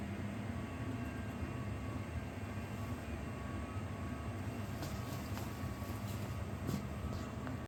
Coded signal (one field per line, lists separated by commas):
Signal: FT8